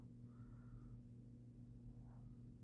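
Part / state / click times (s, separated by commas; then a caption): mower deck mounting pin into its bracket on the riding mower frame / not seated / none. A steel mower deck is being lined up under a riding mower so its mounting pin can go through the bracket on the mower frame. A steady low hum with buzzing harmonics runs throughout, with faint higher tonal calls around 0.4–0.9 s and near 2.1 s. The pin has not been pushed through or locked, and nothing has clicked yet.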